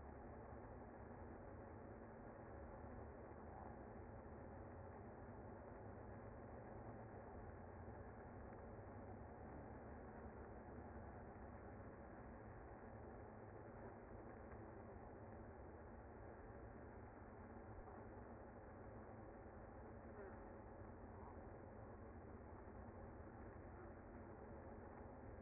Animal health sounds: honeybee colony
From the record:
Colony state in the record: active

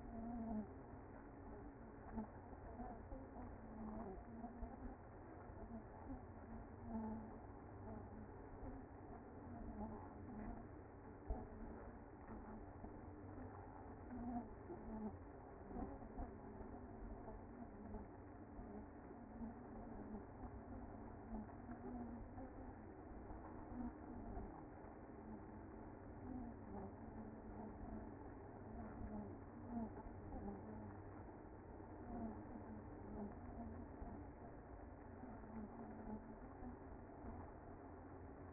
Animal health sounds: honeybee colony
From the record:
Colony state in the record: active

